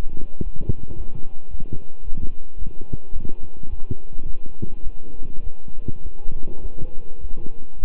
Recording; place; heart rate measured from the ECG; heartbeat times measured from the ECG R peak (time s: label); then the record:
heart sounds by stethoscope; between the tricuspid and mitral areas; 106 bpm
0.41 s: heartbeat
0.95 s: heartbeat
1.49 s: heartbeat
2.03 s: heartbeat
2.56 s: heartbeat
3.11 s: heartbeat
3.67 s: heartbeat
4.24 s: heartbeat
4.82 s: heartbeat
5.41 s: heartbeat
6.01 s: heartbeat
6.60 s: heartbeat
7.19 s: heartbeat
7.77 s: heartbeat
From the record:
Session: walking at 3.7 km/h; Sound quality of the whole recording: good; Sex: male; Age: 26 years